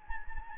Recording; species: mosquito wingbeat signal from an infrared sensor; Anopheles gambiae